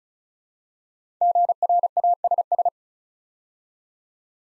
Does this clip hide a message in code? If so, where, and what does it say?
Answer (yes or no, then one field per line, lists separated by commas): yes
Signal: Morse code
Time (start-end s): 1.2-2.7 s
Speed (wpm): 36 wpm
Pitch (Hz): 700 Hz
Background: none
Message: GRASS